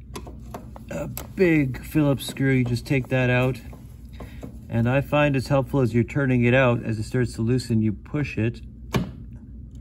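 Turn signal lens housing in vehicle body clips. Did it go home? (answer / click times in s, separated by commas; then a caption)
released / 8.9 s. A big Phillips screw is backed out while the plastic turn signal lens housing is pushed, releasing the housing from its front retaining clips in the vehicle body. Someone talks through most of the clip, and a sharp click at 8.9 s marks the housing popping free of the clips.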